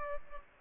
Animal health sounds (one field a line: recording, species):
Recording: mosquito wingbeat signal from an infrared sensor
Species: Aedes aegypti